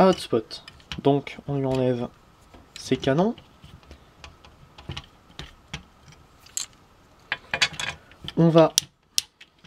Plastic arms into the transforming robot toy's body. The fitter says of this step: ramener les bras comme ça il est clipsé en place j'ai